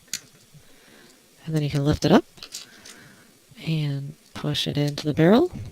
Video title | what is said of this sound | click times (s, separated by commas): Bandai Gundam 1/100 MG Build Strike Gundam Full Package Review | so you pull this out kind of do it until you hear a snap | 0.1 s